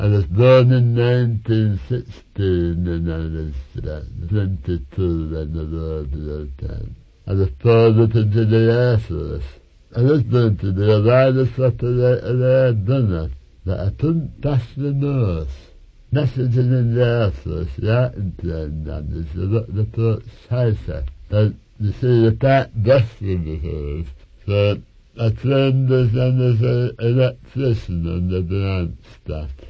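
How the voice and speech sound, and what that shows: An older man narrates after glossectomy, the surgical removal of all or part of the tongue, with distorted, imprecise consonants and muffled articulation.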